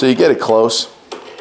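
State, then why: Seated. Someone talks as the folding handle of a Powersmart 21-inch push lawn mower with a Briggs engine is brought up close. At 1.1 s the quick-release cam-lock lever on the mower's metal handle snaps shut with a sharp click, locking the handle into place.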